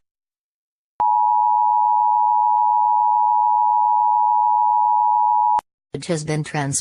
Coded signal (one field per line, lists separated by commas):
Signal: Emergency Alert System (SAME) tones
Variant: 853 and 960 Hz attention tone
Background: speech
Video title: EAS scenario 2, The White Death